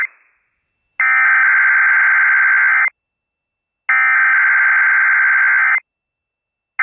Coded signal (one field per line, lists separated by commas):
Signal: Emergency Alert System (SAME) tones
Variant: header bursts